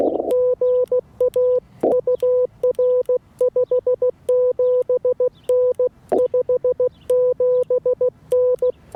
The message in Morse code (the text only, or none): GA UR 57N 57N